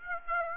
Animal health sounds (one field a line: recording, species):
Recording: mosquito wingbeat signal from an infrared sensor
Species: Aedes aegypti